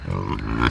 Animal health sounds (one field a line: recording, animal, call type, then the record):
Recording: contact call of a hoofed animal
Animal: wild boar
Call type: grunt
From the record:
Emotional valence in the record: negative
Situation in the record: naturally occurring agonistic interactions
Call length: 0.71 s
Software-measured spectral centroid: 1700 Hz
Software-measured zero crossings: 1080 a second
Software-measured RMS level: -23 dBFS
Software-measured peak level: -3 dBFS